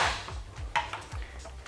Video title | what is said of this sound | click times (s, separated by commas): How to install Non-Integrated Tail light on a 07-12 Honda CBR600RR by TST Industries | So the taillight just pops right into the tail, | 0.8 s